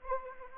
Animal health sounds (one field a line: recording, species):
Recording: mosquito wingbeat signal from an infrared sensor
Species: Anopheles arabiensis